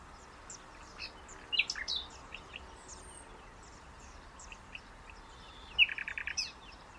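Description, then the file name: Common nightingale singing in scattered bursts: high sharp chips and short twittering phrases, then a quick run of rapid repeated notes near the end, with quiet gaps between. "Luscinia megarhynchos"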